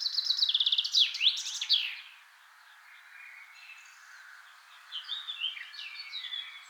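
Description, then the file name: Common chaffinch delivering one brisk descending trill with a flourished finish, then a stretch of faint, varied twittering. "Fringilla coelebs"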